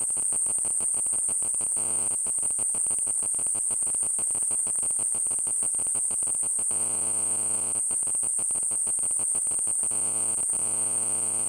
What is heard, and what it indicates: Tinnitus.